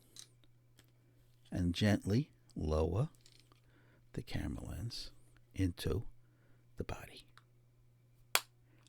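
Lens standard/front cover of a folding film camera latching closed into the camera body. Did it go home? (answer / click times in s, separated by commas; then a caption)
yes / 8.3 s. Someone talks while squeezing the side pins and gently lowering the lens standard of a metal Retina 1A folding film camera back into the body. A loud snap is heard at 8.4 s as the lens front latches shut and seats in the camera body.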